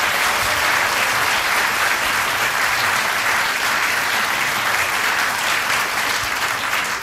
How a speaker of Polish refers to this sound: To też jej wspomnienie i dla niej oklaski teraz, proszę Państwa.